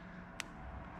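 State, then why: Seated. During a parasitic draw test on a car, the second multimeter test lead clip is fastened onto the battery post or breaker over a steady low background hum. A single short, sharp click sounds at 0.4 s, and the clip is seated, with the vehicle's current now running through the multimeter; the click could instead be the breaker switching.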